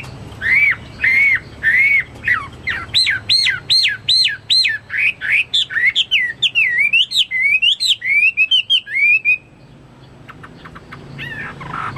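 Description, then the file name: Chinese hwamei song, rich looping whistles, then fast repeated sharp notes and wavering phrases, followed by only soft, quiet notes after about nine seconds. "omkicau hwamei"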